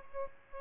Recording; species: mosquito wingbeat signal from an infrared sensor; Aedes albopictus